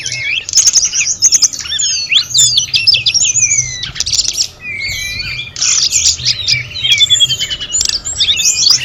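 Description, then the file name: Sunda robins singing together, looping high whistles, rising and falling slurs and rapid trills overlapping in bursts. Five birds singing together. "audio-gathering-5-ekor-tledekan"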